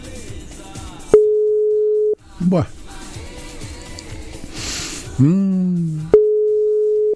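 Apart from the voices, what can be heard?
whatsApp call ringing tone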